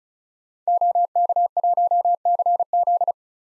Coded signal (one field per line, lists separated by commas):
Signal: Morse code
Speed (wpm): 36 wpm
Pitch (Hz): 700 Hz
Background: none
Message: OK1CZ